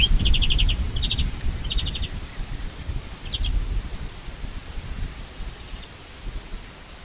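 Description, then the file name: European greenfinch: rapid trilled chattering bursts, three quick runs in the first two seconds and one short burst later, over steady low rumbling noise. "Chloris chloris"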